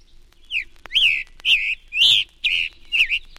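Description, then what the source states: Scarlet Tanager song, hurried and hoarse: a steady string of short buzzy warbled phrases in quick succession, with a faint click between the first notes. Robin-like song, described as hurried and somewhat hoarse; the species is heard as far south as Georgia.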